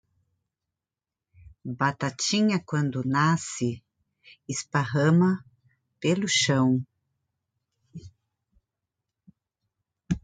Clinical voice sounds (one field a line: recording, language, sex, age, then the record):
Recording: short text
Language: Brazilian Portuguese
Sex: female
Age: 50 to 59 years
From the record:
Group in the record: control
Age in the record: 52 years